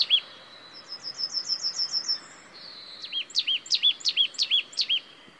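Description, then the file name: Marsh tit call series: a rapid run of tiny high ticking notes, a brief pause, then six loud, arched, whistled notes repeated evenly at roughly three per second. "Poecile palustris"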